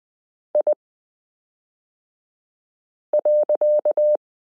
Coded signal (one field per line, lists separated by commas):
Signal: Morse code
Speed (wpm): 20 wpm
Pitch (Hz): 600 Hz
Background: none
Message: I.